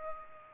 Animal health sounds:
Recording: mosquito wingbeat signal from an infrared sensor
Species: Aedes aegypti

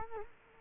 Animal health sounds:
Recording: mosquito wingbeat signal from an infrared sensor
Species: Culex quinquefasciatus

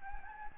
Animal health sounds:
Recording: mosquito wingbeat signal from an infrared sensor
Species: Anopheles gambiae

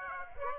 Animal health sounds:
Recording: mosquito wingbeat signal from an infrared sensor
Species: Aedes aegypti

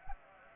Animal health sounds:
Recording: mosquito wingbeat signal from an infrared sensor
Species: Anopheles gambiae

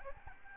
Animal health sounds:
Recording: mosquito wingbeat signal from an infrared sensor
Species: Aedes albopictus

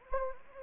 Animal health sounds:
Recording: mosquito wingbeat signal from an infrared sensor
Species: Anopheles gambiae

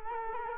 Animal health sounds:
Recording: mosquito wingbeat signal from an infrared sensor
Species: Culex quinquefasciatus

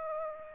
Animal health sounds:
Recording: mosquito wingbeat signal from an infrared sensor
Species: Aedes aegypti

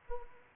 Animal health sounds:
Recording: mosquito wingbeat signal from an infrared sensor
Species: Anopheles arabiensis

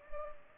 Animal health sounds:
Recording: mosquito wingbeat signal from an infrared sensor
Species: Culex pipiens

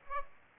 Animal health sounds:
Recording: mosquito wingbeat signal from an infrared sensor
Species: Aedes aegypti

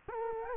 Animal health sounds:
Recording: mosquito wingbeat signal from an infrared sensor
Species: Culex quinquefasciatus

